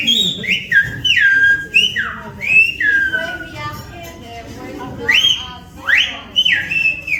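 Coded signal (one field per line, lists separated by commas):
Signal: whistled language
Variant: Silbo Gomero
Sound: loud piercing whistles gliding up and down in pitch, phrase-like bursts with pauses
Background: outdoor background noise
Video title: Whistled language in La Gomera, Canary Islands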